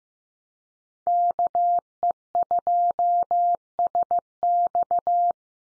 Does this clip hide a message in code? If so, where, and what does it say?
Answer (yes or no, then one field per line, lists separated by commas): yes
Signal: Morse code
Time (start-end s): 1.1-5.3 s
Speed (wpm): 15 wpm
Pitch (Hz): 700 Hz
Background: none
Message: KE2SX